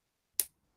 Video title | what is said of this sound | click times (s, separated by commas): My Video Essentials Kit Guide | but you gotta make sure you hear the click otherwise you'll be talking and no one will be able to hear you | 0.4 s